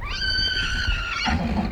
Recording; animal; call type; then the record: contact call of a hoofed animal; Przewalski's horse; whinny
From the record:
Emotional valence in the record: negative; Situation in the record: group separation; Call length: 1.72 s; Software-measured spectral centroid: 2490 Hz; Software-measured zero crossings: 3550 a second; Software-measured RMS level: -24 dBFS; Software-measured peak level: -10 dBFS